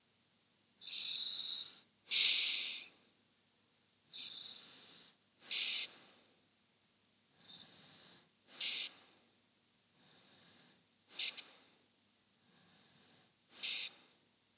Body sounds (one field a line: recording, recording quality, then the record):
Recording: deep breathing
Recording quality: excellent, no background noise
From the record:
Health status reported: healthy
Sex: male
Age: 42 years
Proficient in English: yes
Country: India